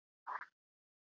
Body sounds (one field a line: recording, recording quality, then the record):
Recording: sustained vowel as in made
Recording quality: poor, much background noise or distortion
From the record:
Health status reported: healthy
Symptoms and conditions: none ticked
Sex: male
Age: 26 years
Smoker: not ticked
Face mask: not worn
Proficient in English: yes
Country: India